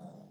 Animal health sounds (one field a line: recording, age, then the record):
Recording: pig call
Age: piglet (1 to 25 days)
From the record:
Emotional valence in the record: negative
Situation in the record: long isolation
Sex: female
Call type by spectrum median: low-frequency call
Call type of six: low-frequency stable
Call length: 0.30 s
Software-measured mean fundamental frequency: 53 Hz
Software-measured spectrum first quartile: 185 Hz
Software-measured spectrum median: 324 Hz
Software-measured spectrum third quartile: 707 Hz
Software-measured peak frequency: 184 Hz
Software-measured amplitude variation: 147 dB a second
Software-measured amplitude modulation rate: 26.3 a second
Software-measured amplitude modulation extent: 5.6 dB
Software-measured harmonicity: 4.7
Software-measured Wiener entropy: 0.00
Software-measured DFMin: 1360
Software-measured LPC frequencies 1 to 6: 673, 3653, 5132, 5890, 6748, 7602 Hz